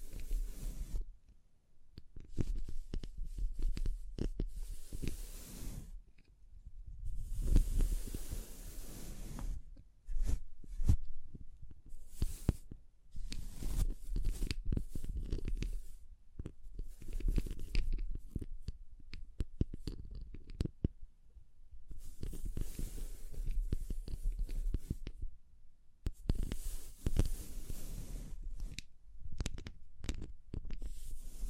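Tapping, scratching and brushing sounds with crinkles, arriving in dense clusters of quick sharp clicks and scrapes. Bursts of bright hissy brushing come and go every few seconds, around 8, 16, 24 and 27 seconds, while a soft low rumble runs underneath throughout.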